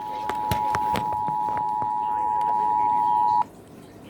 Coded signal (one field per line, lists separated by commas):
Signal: Emergency Alert System (SAME) tones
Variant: 853 and 960 Hz attention tone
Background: speech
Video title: EAS/NWR Alert or message #440-447: Ohio Required Monthly Test and a random RWT